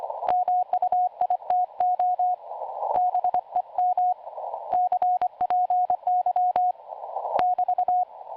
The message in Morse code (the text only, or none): MUITO BEM CPY <BT>